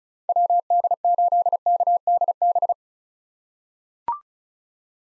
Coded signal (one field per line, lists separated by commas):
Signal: Morse code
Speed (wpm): 36 wpm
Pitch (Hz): 700 Hz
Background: none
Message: WD8KDB